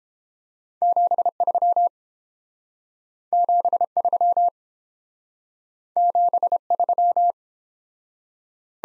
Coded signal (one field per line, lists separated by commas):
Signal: Morse code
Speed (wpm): 29 wpm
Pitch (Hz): 700 Hz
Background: none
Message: 73 73 73